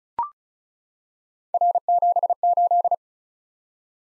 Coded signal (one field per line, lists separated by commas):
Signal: Morse code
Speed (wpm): 34 wpm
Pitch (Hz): 700 Hz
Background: none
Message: R78